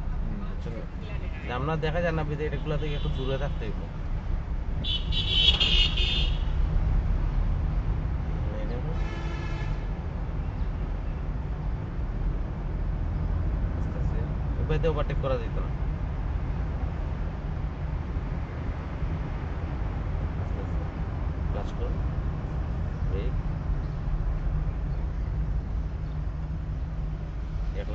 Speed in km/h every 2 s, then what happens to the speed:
20, 20, 18, 19, 18, 18, 22, 22, 25, 28, 26, 25, 26, 26.
0-10 steady at about 18. 10-18 speeds up to 28. 18-28 steady at about 26.